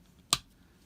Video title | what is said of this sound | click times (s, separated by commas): Hot Wheels Star Wars Millennium Falcon Build a Death Star Wave #9 | it into port like so hear that click and just | 0.3 s